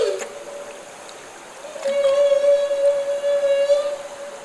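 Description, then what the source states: Humpback whale feeding call: after a quiet opening, a strong steady tone with many overtones starts and holds evenly to the end. Humpback whale call made during bubble-net feeding.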